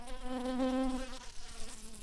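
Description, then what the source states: Shrill carder bee buzz: a steady droning hum with strong overtones, loudest midway, then dropping to a softer buzz. Workers.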